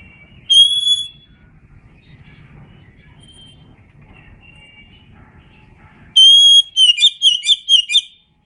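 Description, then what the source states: Oriental magpie-robin giving a brief sustained whistle, a long near-silent gap with low hum, then a bright whistle followed by rapid chirping notes. Indonesian name kacer; described as gacor, meaning singing vigorously.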